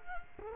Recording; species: mosquito wingbeat signal from an infrared sensor; Culex quinquefasciatus